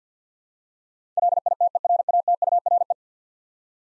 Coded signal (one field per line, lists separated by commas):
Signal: Morse code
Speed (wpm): 50 wpm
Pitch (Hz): 700 Hz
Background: none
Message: LITERATURE